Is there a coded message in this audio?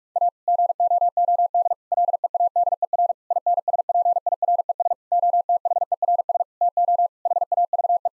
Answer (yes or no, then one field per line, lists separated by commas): yes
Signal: Morse code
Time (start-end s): 0.2-8.1 s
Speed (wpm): 46 wpm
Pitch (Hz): 700 Hz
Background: none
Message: A GOOD LEADER INSPIRES OTHERS TO HAVE